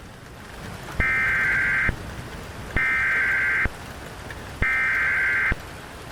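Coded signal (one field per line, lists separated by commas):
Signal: Emergency Alert System (SAME) tones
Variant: header bursts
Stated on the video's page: Fictional EAS scenario with valid SAME tones.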